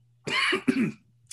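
Two harsh, wet cough bursts in quick succession, an adult man coughing after sparkling water went down the wrong pipe.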